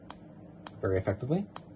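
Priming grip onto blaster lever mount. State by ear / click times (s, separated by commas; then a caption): not seated / none. The 3D-printed plastic priming grip of an Aristocrat V3.5 arm-mounted foam blaster is handled at its tapered lever mount with a stopper, with two brief sharp taps at about 0.1 and 0.7 seconds before someone talks. Nothing has seated or clicked into place yet.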